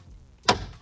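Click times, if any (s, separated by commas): 0.5 s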